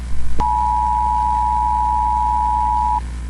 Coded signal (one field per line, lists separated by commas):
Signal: Emergency Alert System (SAME) tones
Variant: 853 and 960 Hz attention tone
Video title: Rare EAS Chicken broadcast Analog Horror